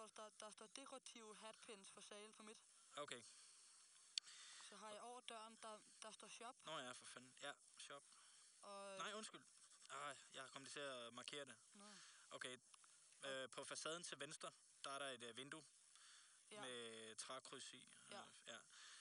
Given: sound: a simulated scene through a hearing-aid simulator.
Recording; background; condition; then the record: conversation; quiet; 75 dB SPL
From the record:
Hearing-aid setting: II (fast-acting compression, audibility-based gain, advanced features for about 2.5 dB of SNR improvement); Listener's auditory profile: A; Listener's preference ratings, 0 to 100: 89, 87, 49